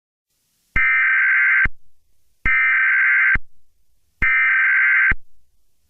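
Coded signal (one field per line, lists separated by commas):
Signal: Emergency Alert System (SAME) tones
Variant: header bursts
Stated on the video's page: Fictional EAS scenario.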